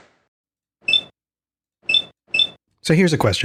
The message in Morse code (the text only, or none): none